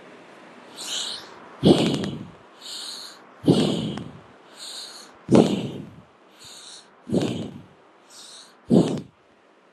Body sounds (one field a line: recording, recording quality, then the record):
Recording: deep breathing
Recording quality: excellent, no background noise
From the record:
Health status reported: healthy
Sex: male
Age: 37 years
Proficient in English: yes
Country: India